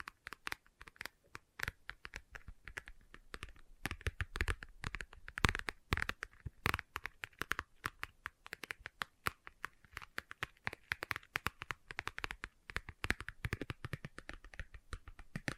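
Leather being tapped and scratched, a dense run of short, crisp clicks and taps that sounds almost like typing. The hits come rapidly and unevenly across the whole clip, with a few louder taps around five to seven seconds and quiet gaps between clusters.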